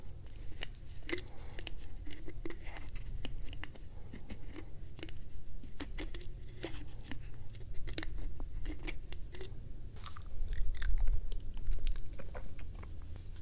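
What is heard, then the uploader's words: Moist chewing of gummies with frequent sharp crunchy bites and clicks over a low steady rumble, growing louder near the end. Taking My Supplements for the Lid Sounds. Gummies and an Oil Dropper.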